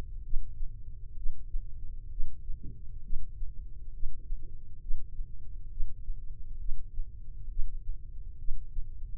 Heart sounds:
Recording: heart sounds by microphone in the left ear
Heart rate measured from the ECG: 66 bpm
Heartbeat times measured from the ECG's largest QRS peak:
0.24 s: heartbeat
1.17 s: heartbeat
2.11 s: heartbeat
3.04 s: heartbeat
3.94 s: heartbeat
4.82 s: heartbeat
5.71 s: heartbeat
6.60 s: heartbeat
7.50 s: heartbeat
8.39 s: heartbeat
From the record:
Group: healthy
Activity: breath hold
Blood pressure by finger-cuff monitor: 124/77 mmHg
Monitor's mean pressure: 92 mmHg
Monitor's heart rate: 66 bpm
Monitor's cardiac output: 3.6 L/min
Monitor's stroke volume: 55 mL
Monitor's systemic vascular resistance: 1850 dyn s/cm5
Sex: male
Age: 55 years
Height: 167 cm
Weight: 57.2 kg

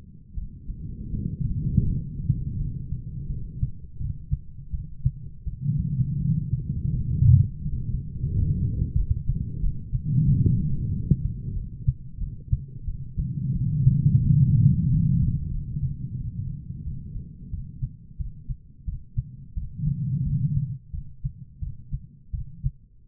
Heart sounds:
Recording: heart sounds by stethoscope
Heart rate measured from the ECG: 87 bpm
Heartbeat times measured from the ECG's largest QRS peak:
0.35 s: heartbeat
1.11 s: heartbeat
1.86 s: heartbeat
2.57 s: heartbeat
3.28 s: heartbeat
3.98 s: heartbeat
4.72 s: heartbeat
5.45 s: heartbeat
6.18 s: heartbeat
6.90 s: heartbeat
7.59 s: heartbeat
8.29 s: heartbeat
8.95 s: heartbeat
9.61 s: heartbeat
10.26 s: heartbeat
10.91 s: heartbeat
11.54 s: heartbeat
12.19 s: heartbeat
12.86 s: heartbeat
13.53 s: heartbeat
14.21 s: heartbeat
14.88 s: heartbeat
15.52 s: heartbeat
16.18 s: heartbeat
16.85 s: heartbeat
17.51 s: heartbeat
18.18 s: heartbeat
18.86 s: heartbeat
19.55 s: heartbeat
20.24 s: heartbeat
20.92 s: heartbeat
21.60 s: heartbeat
22.32 s: heartbeat
23.07 s: heartbeat
From the record:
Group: healthy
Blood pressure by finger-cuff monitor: 110/69 mmHg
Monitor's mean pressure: 92 mmHg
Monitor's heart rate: 88 bpm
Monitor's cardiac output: 5.7 L/min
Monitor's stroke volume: 64 mL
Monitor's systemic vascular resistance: 1140 dyn s/cm5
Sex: female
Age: 51 years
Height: 162 cm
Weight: 70.04 kg

